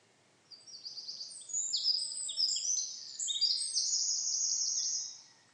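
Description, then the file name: Eurasian wren song: a vigorous run of high, ringing notes and long rapid trills lasting about four and a half seconds, heard over steady background noise. "Troglodytes troglodytes"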